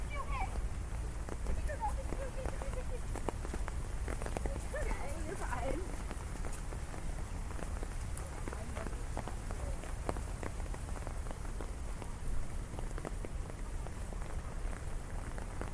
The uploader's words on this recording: Umbrella Rain City Walk. A walk through a rainy city. Ambient sounds from the rain, the street, and the people around you.